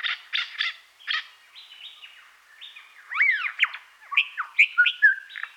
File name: superb lyrebird